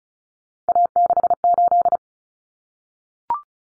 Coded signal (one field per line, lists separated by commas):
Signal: Morse code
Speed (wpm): 34 wpm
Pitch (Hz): 700 Hz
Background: none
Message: A68